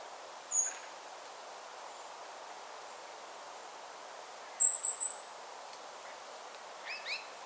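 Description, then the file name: Eurasian blackbird producing a lone high thin note, then a short run of three very high notes, followed by faint softer lower notes near the end. "Turdus merula"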